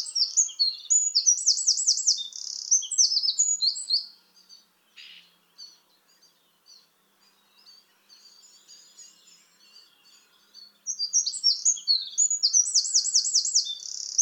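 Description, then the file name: Eurasian wren song with rapid high trills and sharp notes, then a quieter stretch of faint chips. A second vigorous song follows about eleven seconds in. "Troglodytes troglodytes"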